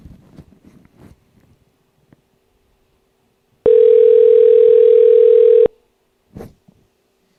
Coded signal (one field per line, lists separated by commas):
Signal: telephone call progress tone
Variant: North America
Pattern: ringback tone